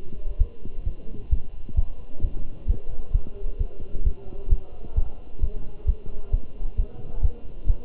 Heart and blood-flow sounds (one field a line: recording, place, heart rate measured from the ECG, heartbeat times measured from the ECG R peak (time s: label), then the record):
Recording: heart sounds by stethoscope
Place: between the tricuspid and mitral areas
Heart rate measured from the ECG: 132 bpm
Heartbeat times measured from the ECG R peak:
0.41 s: heartbeat
0.87 s: heartbeat
1.32 s: heartbeat
1.78 s: heartbeat
2.24 s: heartbeat
2.69 s: heartbeat
3.14 s: heartbeat
3.61 s: heartbeat
4.06 s: heartbeat
4.51 s: heartbeat
4.97 s: heartbeat
5.43 s: heartbeat
5.88 s: heartbeat
6.33 s: heartbeat
6.79 s: heartbeat
7.24 s: heartbeat
7.69 s: heartbeat
From the record:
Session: Bruce protocol treadmill stress test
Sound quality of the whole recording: good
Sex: male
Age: 27 years